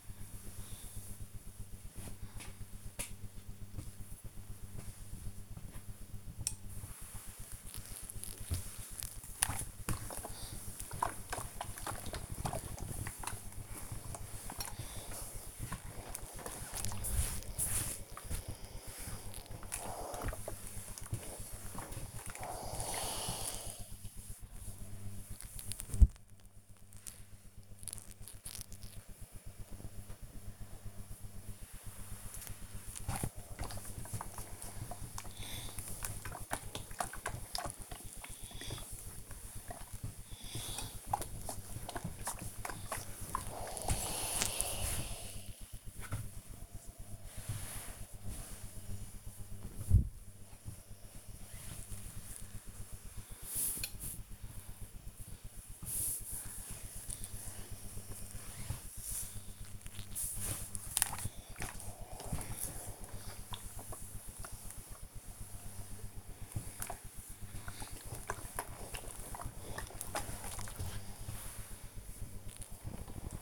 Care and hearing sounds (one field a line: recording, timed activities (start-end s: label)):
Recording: household activities, microphone on the right wrist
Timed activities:
0.00-73.42 s: ironing laundry